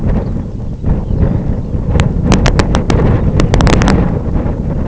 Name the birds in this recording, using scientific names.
Calcarius lapponicus